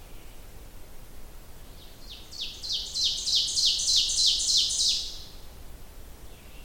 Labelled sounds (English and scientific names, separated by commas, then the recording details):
Ovenbird (Seiurus aurocapilla) song
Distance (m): 15 m
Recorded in boreal forest in Alberta, Canada, on 30 June 2016 at 07:10
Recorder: SongMeter 3, array SBT-6-79
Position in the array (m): 215 m, 19 m
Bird 39